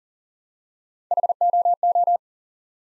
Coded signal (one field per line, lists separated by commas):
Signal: Morse code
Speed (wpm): 41 wpm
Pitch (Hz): 700 Hz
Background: none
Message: HOO